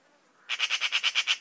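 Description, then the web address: Bird call: a brief burst of eight quick, rasping notes at an even pace. Labelled in a bird-only dataset under the class "Pi Pi Pi Pi", 2025. "Bird Only More Classes Pi Pi Pi Pi"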